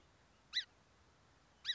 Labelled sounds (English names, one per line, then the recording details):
Song Sparrow
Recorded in Sonoma County, California